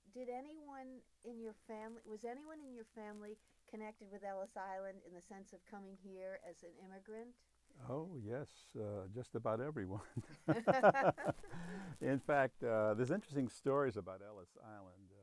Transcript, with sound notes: Did anyone in your fam — was anyone in your family connected with Ellis Island in the sense of coming here as an immigrant?
Oh, yes. Just about everyone. [laughter] In fact, there's interesting stories about Ellis Island.